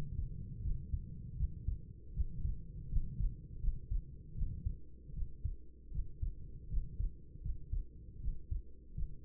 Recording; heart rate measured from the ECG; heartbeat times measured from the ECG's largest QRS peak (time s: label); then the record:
heart sounds by stethoscope; 79 bpm
0.61 s: heartbeat
1.36 s: heartbeat
2.12 s: heartbeat
2.87 s: heartbeat
3.59 s: heartbeat
4.33 s: heartbeat
5.12 s: heartbeat
5.90 s: heartbeat
6.67 s: heartbeat
7.41 s: heartbeat
8.19 s: heartbeat
8.93 s: heartbeat
From the record:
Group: healthy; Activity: rest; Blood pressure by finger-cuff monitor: 105/58 mmHg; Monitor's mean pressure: 72 mmHg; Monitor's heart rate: 79 bpm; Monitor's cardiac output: 7 L/min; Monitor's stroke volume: 88 mL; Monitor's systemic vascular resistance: 760 dyn s/cm5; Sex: female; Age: 26 years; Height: 165 cm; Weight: 55 kg